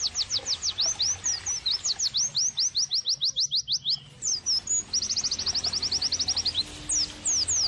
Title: Pleci Gacor. terapi pleci dextro 87 plus masteran kenari sahdu OmAcuz Dextro87 channel